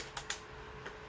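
A plastic component is pushed into the body or wand of a Shark Apex Zero-M (AZ1002) stick vacuum during assembly. A short series of small, sharp plastic hits is heard at about 0.2 s and 0.3 s, with a fainter tap near 0.9 s. The part clicks into place and seats at 0.3 s.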